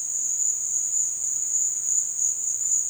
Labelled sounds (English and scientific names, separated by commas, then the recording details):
none
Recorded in dense forest near Puerto Asís, Putumayo, Colombia, on 22 June 2025 at 14:00
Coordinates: 0.468, -76.322
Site GP03